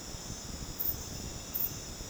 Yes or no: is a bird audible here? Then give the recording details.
no. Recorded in dense forest near Puerto Asís, Putumayo, Colombia, on 12 March 2025 at 23:00. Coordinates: 0.486, -76.317. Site G053